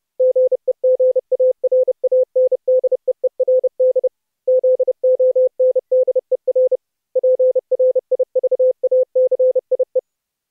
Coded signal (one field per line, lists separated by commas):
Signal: Morse code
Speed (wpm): 30 wpm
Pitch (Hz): 510 Hz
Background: none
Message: GEGARANDEERD ZONDER PRIVACIE